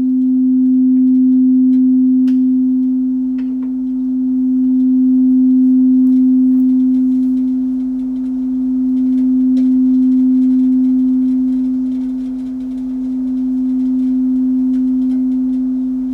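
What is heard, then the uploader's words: A sound bath tone hums steadily at a low-middle pitch for the whole stretch, swelling and easing in slow waves about every four seconds. Faint soft ticks and small clicks sit quietly in the background. Relaxing sound bath.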